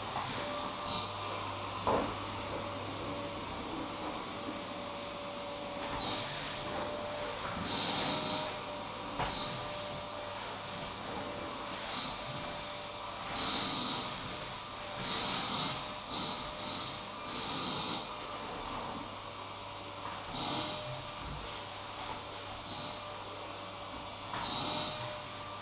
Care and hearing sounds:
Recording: daily activity, microphone in the room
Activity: vacuum cleaning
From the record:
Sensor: 1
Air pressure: 988.7 hPa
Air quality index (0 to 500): 198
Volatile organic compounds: 986 ppm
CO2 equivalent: 5282 ppm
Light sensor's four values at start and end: 24/91/34/36 and 25/94/35/37

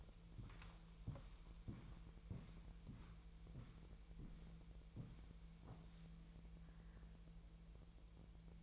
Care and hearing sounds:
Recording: daily activity, microphone in the room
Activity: walk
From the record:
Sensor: 1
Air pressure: 1002.1 hPa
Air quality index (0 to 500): 235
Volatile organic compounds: 90 ppm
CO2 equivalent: 3681 ppm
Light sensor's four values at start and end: 7/18/7/8 and 8/19/8/9

